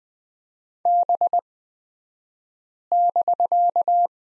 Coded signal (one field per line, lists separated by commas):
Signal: Morse code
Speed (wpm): 20 wpm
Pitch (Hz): 700 Hz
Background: none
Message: B<BK>